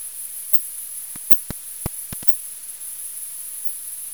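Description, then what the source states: Bat echolocation rendered as a handful of sharp, dry clicks, irregularly spaced and bunched near the middle, over a steady high hiss. Recorded on 21 August 2018 with a bat detector.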